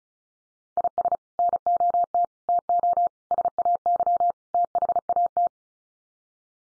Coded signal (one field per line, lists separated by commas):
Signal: Morse code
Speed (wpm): 34 wpm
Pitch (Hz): 700 Hz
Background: none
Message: IS NOT TO SAY THAT